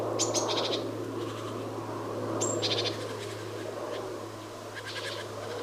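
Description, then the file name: Great tit calls: a thin high note followed by a short buzzy rattle, given twice about two seconds apart, then a fainter rattle, over a low steady hum. "Parus major"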